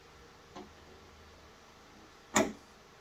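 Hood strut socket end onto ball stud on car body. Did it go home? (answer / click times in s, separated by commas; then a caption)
yes / 2.4 s. The socket end of a gas hood strut is pushed onto the ball stud on the body of a 2021 Kia Niro EV. A faint tap sounds at about 0.6 s, then a sharp, bright snap at 2.4 s as the socket clicks on and seats. No one talks.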